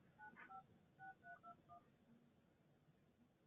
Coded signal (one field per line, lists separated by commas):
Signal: DTMF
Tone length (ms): 110 ms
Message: 956321